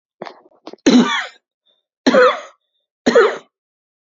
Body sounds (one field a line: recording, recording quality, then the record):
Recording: heavy voluntary cough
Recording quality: excellent, no background noise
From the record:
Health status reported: healthy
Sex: male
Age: 39 years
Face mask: worn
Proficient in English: yes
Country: India